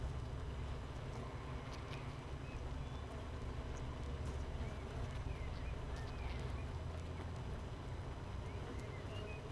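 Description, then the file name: Honey bee hive droning, a continuous deep buzzing hum at a constant level. Hive 1, colony without a queen, recorded 31 May 2018 at 15:30. "Hive 1 31 05 2018 NO Queen Bee H 1 audio 15 30 00"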